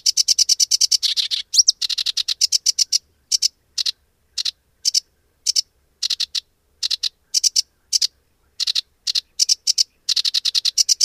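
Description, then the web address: Sedge warbler singing a rapid stream of dry, scratchy chattering notes in short groups separated by brief pauses, with one quick whistled slur. "Madardalok - Foltos nádiposzáta"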